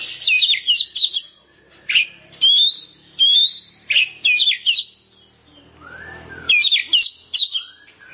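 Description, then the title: Oriental magpie-robin song of sharp chirps and rising whistled notes in short clusters, separated by brief pauses. "Kacer"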